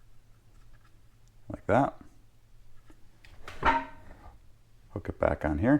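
After the foam air filter is put back in, the plastic air filter cover door on a Bolens BL160 string trimmer's engine housing is hooked back on while someone talks, with a few faint handling taps and scrapes. The cover door has not clicked shut yet; nothing has seated by the end of the clip.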